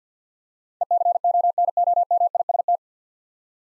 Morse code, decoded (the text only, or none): ECONOMIST